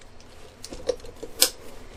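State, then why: Seated. The quick cinch buckles on a Mares XR spring fin strap are snapped into the buckle mounts on a plastic scuba fin. A sharp click at 0.6 s is followed by a louder, brighter snap at 1.4 s, with small ticks between them over low background noise. Both buckles seat in their mounts.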